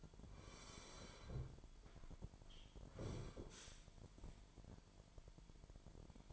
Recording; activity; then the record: daily activity, microphone in the room; sit down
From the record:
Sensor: 5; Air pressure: 998.7 hPa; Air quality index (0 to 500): 94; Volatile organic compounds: 2 ppm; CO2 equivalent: 1082 ppm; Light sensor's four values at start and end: 31/74/31/35 and 31/74/31/35